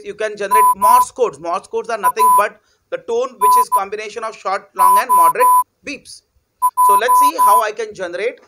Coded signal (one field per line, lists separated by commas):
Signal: Morse code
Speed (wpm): 16 wpm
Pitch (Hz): 1000 Hz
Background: speech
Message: MANOJ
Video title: Tone generation | Kavedia Sir | Arduino | IOT